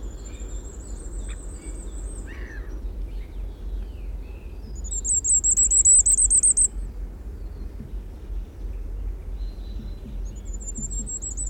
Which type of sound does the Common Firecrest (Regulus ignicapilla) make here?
song